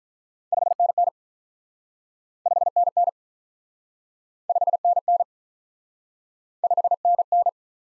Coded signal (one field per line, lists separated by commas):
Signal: Morse code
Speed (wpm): 46 wpm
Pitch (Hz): 700 Hz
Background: none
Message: 5NN 5NN 5NN 5NN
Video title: Top 20 QSO Elements - Speed-Racing - 35wpm